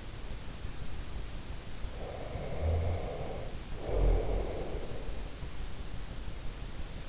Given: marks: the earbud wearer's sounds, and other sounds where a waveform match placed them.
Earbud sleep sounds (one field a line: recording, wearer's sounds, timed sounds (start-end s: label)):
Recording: sounds in sleep by an in-ear microphone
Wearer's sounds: snoring breath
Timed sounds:
1.96-5.22 s: snoring breath